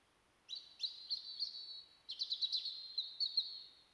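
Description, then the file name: European robin song: two bursts of high, thin, fast trilling phrases with tinkling notes, separated by a short pause. "Erithacus rubecula"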